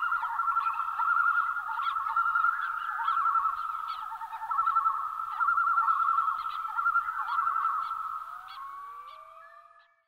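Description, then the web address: Common loon tremolo calls, continuous wavering and quavering without pause, fading at the end with a short rising whistle. "Songs of Birds of North America Western USA Songbirds. Common Loon"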